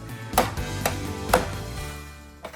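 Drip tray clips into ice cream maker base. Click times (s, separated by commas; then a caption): 0.4 s, 0.9 s, 1.3 s. A plastic drip tray's three clips are pushed into the base of a Gourmia soft serve ice cream maker, each clip clicking in with a sharp hit at 0.4, 0.9 and 1.3 seconds over a low background hum. A fainter knock follows near 2.4 seconds, and the drip tray is seated.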